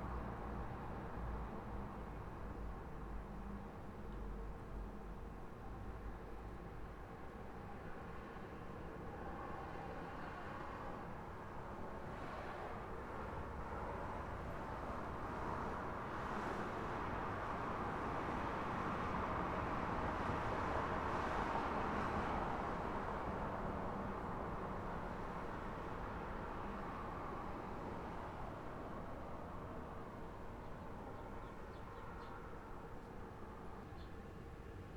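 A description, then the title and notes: Busy weekday street traffic rolls past in a steady, dense wash of engine and tire noise. Around the middle a vehicle passes louder, peaking near twenty seconds before easing off. A few faint brighter sounds sit above the constant rumble. A busy city street traffic — Kyiv, Ukraine. Some traffic noise on a busy weekday street, a bit of birds chirping and passers-by voices.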